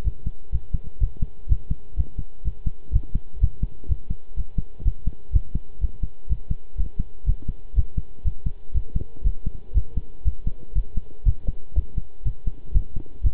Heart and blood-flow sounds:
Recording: heart sounds by stethoscope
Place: between the tricuspid and mitral areas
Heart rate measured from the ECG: 123 bpm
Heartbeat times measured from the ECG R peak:
0.04 s: heartbeat
0.52 s: heartbeat
1.00 s: heartbeat
1.48 s: heartbeat
1.96 s: heartbeat
2.44 s: heartbeat
2.92 s: heartbeat
3.40 s: heartbeat
3.88 s: heartbeat
4.36 s: heartbeat
4.84 s: heartbeat
5.32 s: heartbeat
5.81 s: heartbeat
6.29 s: heartbeat
6.77 s: heartbeat
7.26 s: heartbeat
7.75 s: heartbeat
8.24 s: heartbeat
8.74 s: heartbeat
9.24 s: heartbeat
9.74 s: heartbeat
10.24 s: heartbeat
10.75 s: heartbeat
11.25 s: heartbeat
11.75 s: heartbeat
12.24 s: heartbeat
12.74 s: heartbeat
13.23 s: heartbeat
From the record:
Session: pedaling a stationary bicycle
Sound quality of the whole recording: good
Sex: male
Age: 23 years

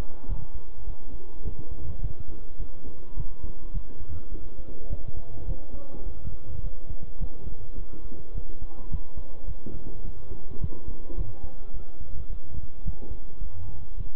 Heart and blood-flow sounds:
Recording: heart sounds by stethoscope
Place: between the tricuspid and mitral areas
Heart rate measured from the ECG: 105 bpm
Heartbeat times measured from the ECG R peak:
0.29 s: heartbeat
0.87 s: heartbeat
1.45 s: heartbeat
2.02 s: heartbeat
2.60 s: heartbeat
3.17 s: heartbeat
3.74 s: heartbeat
4.32 s: heartbeat
4.90 s: heartbeat
5.48 s: heartbeat
6.06 s: heartbeat
6.64 s: heartbeat
7.21 s: heartbeat
7.78 s: heartbeat
8.35 s: heartbeat
8.91 s: heartbeat
9.47 s: heartbeat
10.05 s: heartbeat
10.61 s: heartbeat
11.18 s: heartbeat
11.74 s: heartbeat
12.30 s: heartbeat
12.86 s: heartbeat
13.42 s: heartbeat
13.98 s: heartbeat
From the record:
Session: bicycle stress test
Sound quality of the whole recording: good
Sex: male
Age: 23 years

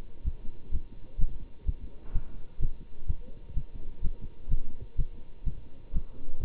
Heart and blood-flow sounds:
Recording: heart sounds by stethoscope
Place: between the tricuspid and mitral areas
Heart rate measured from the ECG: 126 bpm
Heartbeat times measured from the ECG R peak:
0.23 s: heartbeat
0.70 s: heartbeat
1.17 s: heartbeat
1.65 s: heartbeat
2.12 s: heartbeat
2.59 s: heartbeat
3.06 s: heartbeat
3.54 s: heartbeat
4.01 s: heartbeat
4.48 s: heartbeat
4.96 s: heartbeat
5.44 s: heartbeat
5.92 s: heartbeat
6.40 s: heartbeat
From the record:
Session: Bruce protocol treadmill stress test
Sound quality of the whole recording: good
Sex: male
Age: 25 years

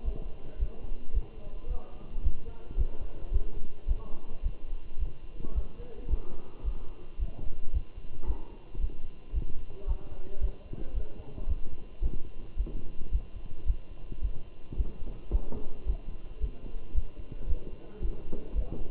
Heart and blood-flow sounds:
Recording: heart sounds by stethoscope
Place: between the tricuspid and mitral areas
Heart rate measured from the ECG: 110 bpm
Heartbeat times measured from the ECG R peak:
0.06 s: heartbeat
0.61 s: heartbeat
1.15 s: heartbeat
1.70 s: heartbeat
2.25 s: heartbeat
2.79 s: heartbeat
3.33 s: heartbeat
3.89 s: heartbeat
4.44 s: heartbeat
5.00 s: heartbeat
5.56 s: heartbeat
6.11 s: heartbeat
6.66 s: heartbeat
7.20 s: heartbeat
7.74 s: heartbeat
8.28 s: heartbeat
8.82 s: heartbeat
9.35 s: heartbeat
9.89 s: heartbeat
10.42 s: heartbeat
10.96 s: heartbeat
11.49 s: heartbeat
12.04 s: heartbeat
12.58 s: heartbeat
13.13 s: heartbeat
13.68 s: heartbeat
14.23 s: heartbeat
14.78 s: heartbeat
15.33 s: heartbeat
15.88 s: heartbeat
16.42 s: heartbeat
16.96 s: heartbeat
17.49 s: heartbeat
18.03 s: heartbeat
18.57 s: heartbeat
From the record:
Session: Bruce protocol treadmill stress test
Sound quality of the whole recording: good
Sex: male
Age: 27 years

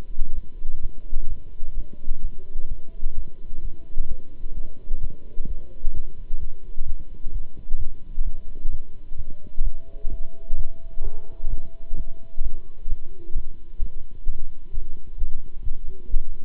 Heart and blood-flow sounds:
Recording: heart sounds by stethoscope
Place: between the tricuspid and mitral areas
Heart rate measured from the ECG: 129 bpm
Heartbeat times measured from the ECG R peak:
0.33 s: heartbeat
0.80 s: heartbeat
1.27 s: heartbeat
1.74 s: heartbeat
2.21 s: heartbeat
2.68 s: heartbeat
3.14 s: heartbeat
3.61 s: heartbeat
4.07 s: heartbeat
4.54 s: heartbeat
5.00 s: heartbeat
5.46 s: heartbeat
5.93 s: heartbeat
6.39 s: heartbeat
6.85 s: heartbeat
7.31 s: heartbeat
7.77 s: heartbeat
8.23 s: heartbeat
8.69 s: heartbeat
9.15 s: heartbeat
9.62 s: heartbeat
10.09 s: heartbeat
10.56 s: heartbeat
11.02 s: heartbeat
11.49 s: heartbeat
11.95 s: heartbeat
12.41 s: heartbeat
12.87 s: heartbeat
13.33 s: heartbeat
13.78 s: heartbeat
14.25 s: heartbeat
14.71 s: heartbeat
15.17 s: heartbeat
15.62 s: heartbeat
16.09 s: heartbeat
From the record:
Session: Bruce protocol treadmill stress test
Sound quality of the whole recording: good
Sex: male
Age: 26 years

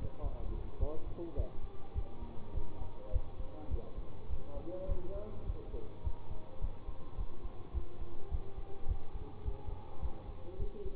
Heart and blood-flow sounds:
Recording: heart sounds by stethoscope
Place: between the tricuspid and mitral areas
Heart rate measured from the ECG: 104 bpm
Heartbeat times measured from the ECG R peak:
0.22 s: heartbeat
0.79 s: heartbeat
1.36 s: heartbeat
1.94 s: heartbeat
2.54 s: heartbeat
3.12 s: heartbeat
3.70 s: heartbeat
4.29 s: heartbeat
4.87 s: heartbeat
5.46 s: heartbeat
6.03 s: heartbeat
6.60 s: heartbeat
7.17 s: heartbeat
7.73 s: heartbeat
8.30 s: heartbeat
8.87 s: heartbeat
9.44 s: heartbeat
10.01 s: heartbeat
10.58 s: heartbeat
From the record:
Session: bicycle stress test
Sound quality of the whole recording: good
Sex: male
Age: 24 years

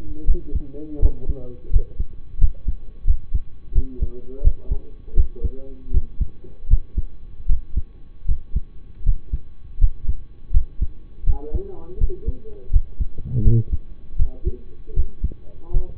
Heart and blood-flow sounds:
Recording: heart sounds by stethoscope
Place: between the tricuspid and mitral areas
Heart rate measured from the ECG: 82 bpm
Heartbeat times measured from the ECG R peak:
0.25 s: heartbeat
0.99 s: heartbeat
1.70 s: heartbeat
2.38 s: heartbeat
3.05 s: heartbeat
3.72 s: heartbeat
4.41 s: heartbeat
5.14 s: heartbeat
5.91 s: heartbeat
6.68 s: heartbeat
7.46 s: heartbeat
8.25 s: heartbeat
9.03 s: heartbeat
9.78 s: heartbeat
10.51 s: heartbeat
11.24 s: heartbeat
11.98 s: heartbeat
12.70 s: heartbeat
13.42 s: heartbeat
14.16 s: heartbeat
14.94 s: heartbeat
15.71 s: heartbeat
From the record:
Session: rest, lying down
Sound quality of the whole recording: partially saturated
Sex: male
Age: 25 years

